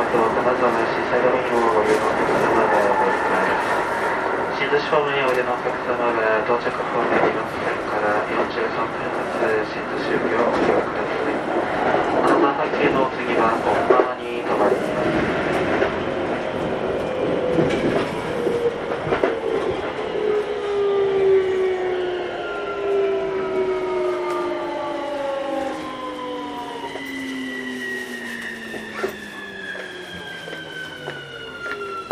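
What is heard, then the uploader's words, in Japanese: A Keikyu New 1000 series aluminum train running between Yokohama and Misakiguchi. For the first half, dense rumbling and clattering running noise fills the sound, then from about 17 seconds a set of motor whines glides steadily downward in pitch as the train slows. 京急新1000形(アルミ車) 横浜〜三崎口。車体はアルミニウム合金製。VVVFインバータ制御装置は、1・2次車では2100形と同じくGTOサイリスタ素子によるドイツ・SIEMENS社製を採用、3～5次車では同じシーメンス社製であるが、使用素子はIGBTに変更され、純電気ブレーキも搭載。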